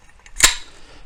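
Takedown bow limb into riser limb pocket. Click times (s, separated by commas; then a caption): 0.4 s. A Bear 76er Custom takedown bow limb is pushed into the groove of the riser limb pocket until its notch locks. A faint tick at 0.3 s comes before a sharp, bright click at 0.5 s. The limb is seated and locked onto the riser.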